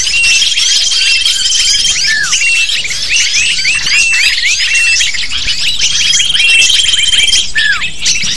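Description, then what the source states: Lovebirds chattering, dense shrill chirping with downward squeals, and two long level whistled tones sounding together twice. Lure call used to attract lovebirds (pikat burung).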